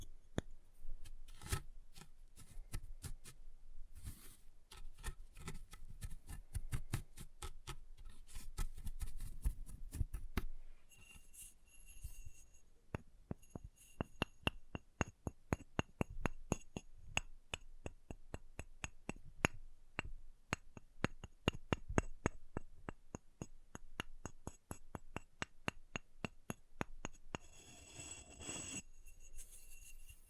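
Chalk being carved and cut, a dense stream of sharp scraping clicks, quickening into rapid regular ticks after ten seconds, then brief hissing scrapes near the end.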